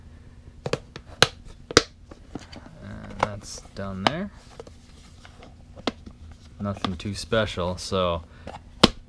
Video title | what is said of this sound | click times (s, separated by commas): Wheeler FAT Gun Torque Wrench with DEMO | really latch pretty good it doesn't latch well but you know what it's still protected so | 8.8 s